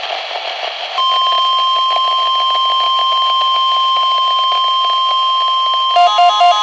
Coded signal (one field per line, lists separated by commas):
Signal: Emergency Alert System (SAME) tones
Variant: 1050 Hz attention tone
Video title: thank you ch. 6, very cool (KJY86 RMT - 3/1/23 - EAS #63)